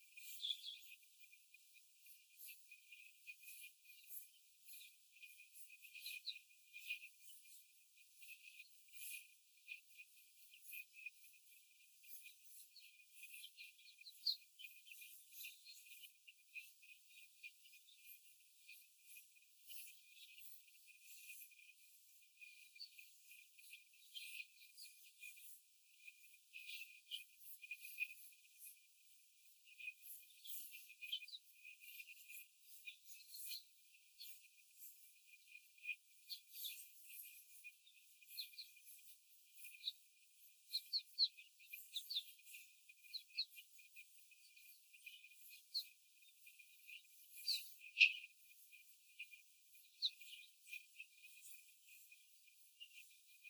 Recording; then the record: young laying hens in a cage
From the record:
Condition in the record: before the stressor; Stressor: simulated dog barking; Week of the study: 4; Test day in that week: 1